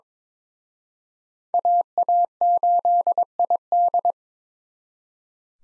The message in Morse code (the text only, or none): AA8ID